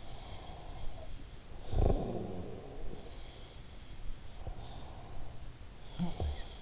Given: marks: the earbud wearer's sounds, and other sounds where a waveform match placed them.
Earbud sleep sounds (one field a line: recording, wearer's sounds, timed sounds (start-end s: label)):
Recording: sounds in sleep by an in-ear microphone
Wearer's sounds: snoring breath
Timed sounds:
0.00-4.84 s: sound from someone else or the room
0.93-3.03 s: snoring breath
5.28-6.62 s: sound from someone else or the room